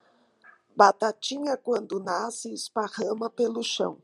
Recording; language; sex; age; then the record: short text; Brazilian Portuguese; female; 50 to 59 years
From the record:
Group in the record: control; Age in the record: 59 years